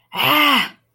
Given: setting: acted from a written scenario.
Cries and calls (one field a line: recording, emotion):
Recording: vocal sound without words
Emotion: anger